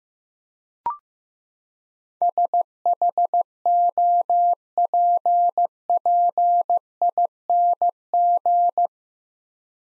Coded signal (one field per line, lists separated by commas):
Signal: Morse code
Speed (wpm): 15 wpm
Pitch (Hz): 700 Hz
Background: none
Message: SHOPPING